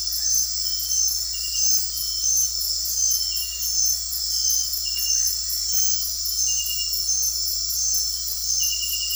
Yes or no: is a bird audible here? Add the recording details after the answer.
no. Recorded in dense forest near Puerto Asís, Putumayo, Colombia, on 8 March 2025 at 20:30. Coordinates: 0.503, -76.323. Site GP09